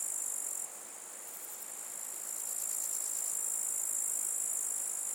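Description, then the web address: Insect calling in a sustained, very high-pitched shrill buzz, slightly pulsed at first, then holding an even, unbroken trill to the end. "насекомые"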